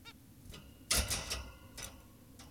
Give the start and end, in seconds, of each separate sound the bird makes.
0.06-0.13